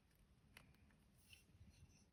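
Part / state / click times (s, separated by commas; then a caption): locking pliers jaws locking closed / not seated / none. Adjustable locking pliers (vice grips) with steel jaws are being closed so the handles snap over into the locked position, for a firmer grip on a bolt head. Short sharp ticks sound near 0.6 s and 1.3 s over a steady low background rumble. The part has been handled only, and nothing has seated or clicked home yet.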